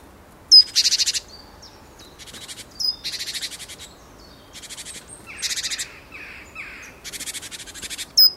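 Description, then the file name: Great tit churring in repeated buzzy, rattling bursts, joined midway by a few lower, descending notes, with sharp high clicks at start and end. "Parus major"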